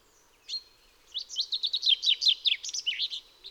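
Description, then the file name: Common chaffinch song: a single chip, then one lively phrase of many fast, bright notes. "Fringilla coelebs"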